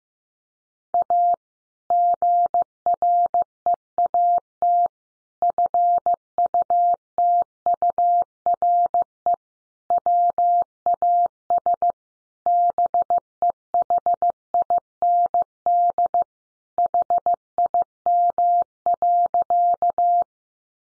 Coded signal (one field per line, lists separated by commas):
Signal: Morse code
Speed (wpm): 15 wpm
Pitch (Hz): 700 Hz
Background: none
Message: A GREAT FUTURE WAS BEHIND HIM.